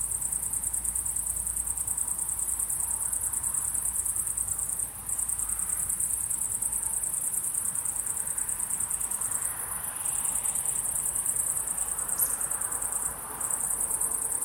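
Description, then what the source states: High-pitched cricket chirping in a fast, pulsing chorus, broken by a few short pauses, with faint low rumble below. Crickets chirping at sunset.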